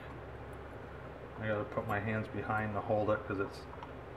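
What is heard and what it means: A cap is being fitted onto a jack in a DIY amplifier enclosure while the part is held from behind. Someone talks over a steady low background hiss. Nothing has seated or clicked yet.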